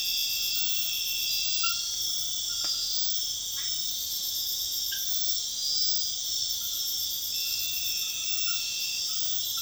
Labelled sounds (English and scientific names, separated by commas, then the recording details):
none
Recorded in secondary vegetation near Puerto Asís, Putumayo, Colombia, on 4 March 2025 at 01:30
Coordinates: 0.498, -76.327
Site G001